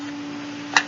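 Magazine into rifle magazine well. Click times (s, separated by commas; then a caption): 0.8 s. A magazine is held almost parallel to a MOEkov AK rifle, tipped into the magazine well and rocked back into place. After a steady low hum, one loud, sharp snapping click comes at 0.8 s as the magazine locks in and is seated.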